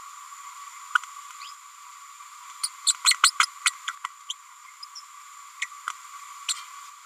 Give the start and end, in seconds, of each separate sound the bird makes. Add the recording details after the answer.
0.95-0.98, 2.63-2.69, 3.04-3.15, 3.23-3.30, 3.65-3.70, 3.87-3.92, 4.29-4.33, 5.61-5.67, 6.48-6.54. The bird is a female. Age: 30 days. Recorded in a nest box in Venezuela. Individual 17B102A6